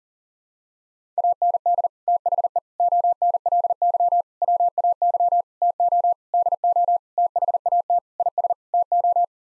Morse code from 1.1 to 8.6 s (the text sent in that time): AND THE ONLY WAY TO DO THAT IS